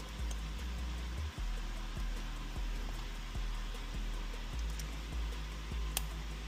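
The locking clip on a plastic airbag wiring connector in the airbag module socket behind a Camaro's steering wheel, during a carbon fiber steering wheel upgrade, is pulled up to release the plug. Over a steady low hum, two sharp clicks sound at 0.3 s and 6.0 s, the second much louder. The connector lock clip clicks open and the plug is released.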